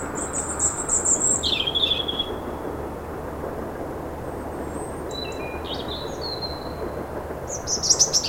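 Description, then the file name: European robin song: a high trilled phrase and a lower warble at the start, a long pause with faint thin notes, then a bright burst at the end. "Erithacus rubecula"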